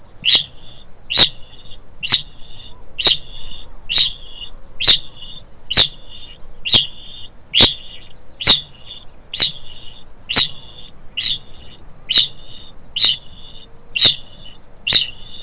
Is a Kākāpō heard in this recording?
yes